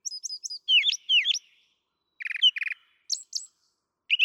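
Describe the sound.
Brown thrasher song with high whistled notes repeated in threes, slurred descending phrases doubled, and grating chatter, separated by a short pause.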